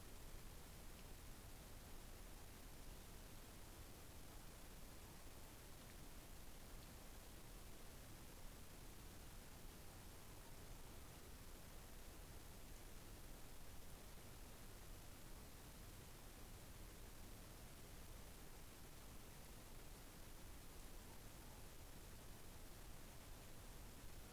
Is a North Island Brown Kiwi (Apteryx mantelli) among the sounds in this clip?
no